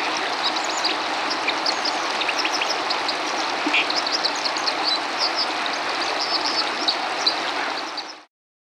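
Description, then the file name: White-throated dipper song, a rambling stream of short, high, scratchy twitters and sharp notes running throughout, set against loud, steady rushing water. "wasseramsel"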